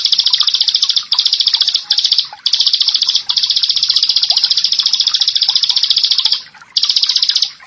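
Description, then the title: Prinia song: long, fast, buzzy high-pitched trills in several bursts separated by short pauses. "Ciblek Sawah"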